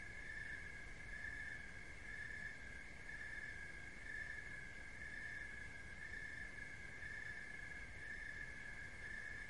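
Cricket, a continuous shrill trill pulsing softly roughly every second, with faint low rumbling noise underneath.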